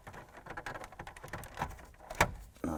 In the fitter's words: top will snap into place then we have our two screws for the lower portion here